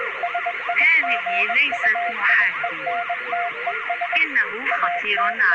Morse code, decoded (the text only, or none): SEGUENTES AT